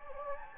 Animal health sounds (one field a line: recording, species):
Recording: mosquito wingbeat signal from an infrared sensor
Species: Anopheles gambiae